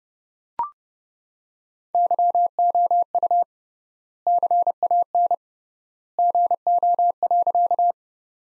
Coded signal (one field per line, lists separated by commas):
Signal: Morse code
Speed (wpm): 32 wpm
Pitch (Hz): 700 Hz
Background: none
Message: YOU CAN GO.